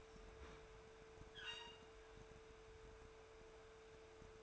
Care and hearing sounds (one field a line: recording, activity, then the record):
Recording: daily activity, microphone in the room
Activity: open fridge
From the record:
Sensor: 2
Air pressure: 1014.8 hPa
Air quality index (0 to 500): 196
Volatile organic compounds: 17 ppm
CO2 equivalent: 2588 ppm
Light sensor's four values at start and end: 27/65/28/31 and 27/65/28/31